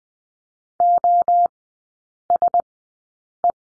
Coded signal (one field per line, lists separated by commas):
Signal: Morse code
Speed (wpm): 20 wpm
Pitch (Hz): 700 Hz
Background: none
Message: OSE